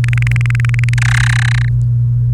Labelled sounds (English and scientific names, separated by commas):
Domestic Canary (Serinus canaria) song